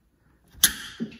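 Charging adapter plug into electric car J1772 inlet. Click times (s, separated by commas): 0.6 s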